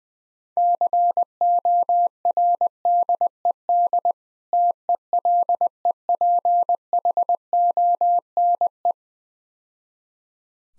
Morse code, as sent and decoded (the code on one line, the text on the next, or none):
-.-. --- .-. -.. . -.. / - . .-.. . .--. .... --- -. .
CORDED TELEPHONE